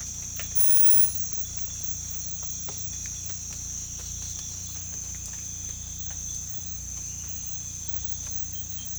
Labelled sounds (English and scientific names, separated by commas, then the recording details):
none
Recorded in pastures near Puerto Asís, Putumayo, Colombia, on 18 December 2024 at 01:30
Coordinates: 0.472, -76.331
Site GP02